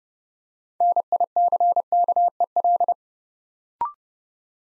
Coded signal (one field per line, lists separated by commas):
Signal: Morse code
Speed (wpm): 30 wpm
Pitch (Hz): 700 Hz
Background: none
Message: NICKEL